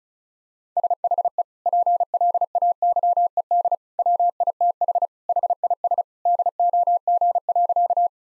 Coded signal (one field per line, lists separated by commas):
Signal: Morse code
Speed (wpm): 36 wpm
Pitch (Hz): 700 Hz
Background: none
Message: SHE PLAYED WITH HIS DOG.